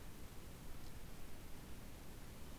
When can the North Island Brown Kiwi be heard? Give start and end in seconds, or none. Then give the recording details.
none. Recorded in New Zealand on 8 January 2015. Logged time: 04:57. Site BX23